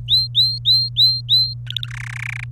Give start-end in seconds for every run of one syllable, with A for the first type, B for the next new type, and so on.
0.08-1.54 A, 1.67-1.86 B, 1.88-2.44 C